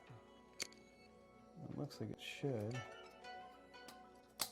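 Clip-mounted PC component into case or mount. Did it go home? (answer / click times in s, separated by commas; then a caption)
yes / 4.4 s. A clip-mounted PC component is pushed into its case or mount while someone talks over background music. After an earlier sharp tick near 0.6 s, it snaps fully into place with a crisp click at 4.4 s on the second, further push. It is confirmed seated.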